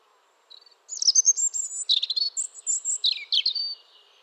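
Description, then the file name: European robin singing a high, liquid warbling phrase of thin whistles, fast trills and brief squeaky notes, shifting pitch throughout, over a quiet background. "Erithacus rubecula"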